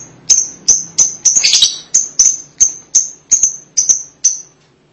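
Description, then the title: Lovebird chirps: a steady series of sharp, shrill high notes, about three per second, with one brief harsher flurry in the middle. "BM Suara Burung Lovebird"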